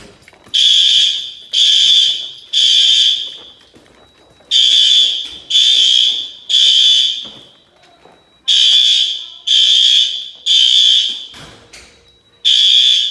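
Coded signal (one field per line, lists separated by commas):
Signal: alarm pattern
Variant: fire alarm bell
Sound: loud ringing bell in bursts of three, short pauses, repeating about three times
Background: room echo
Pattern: temporal three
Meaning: Temporal-three pattern signals a fire evacuation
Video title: Fire Alarm Bell Test #36 (Gamewell-FCI 7075)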